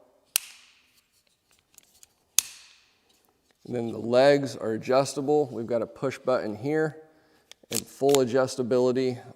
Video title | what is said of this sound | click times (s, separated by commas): How to Install the Magpul MOE Bipod in Seconds - link in Description👇 | You can hear just popping this down. | 0.4 s, 2.4 s